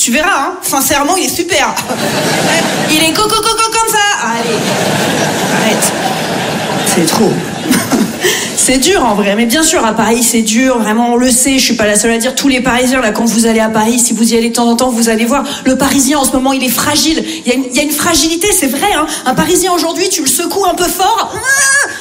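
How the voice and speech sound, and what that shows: A female comedian on stage, speaking French, briefly mimics a stutter with rapid syllable repeats, 'co-co-co-co', joking about recommending a speech therapist, amid audience chuckles, then carries on fluently. It is comic imitation, not true stuttering.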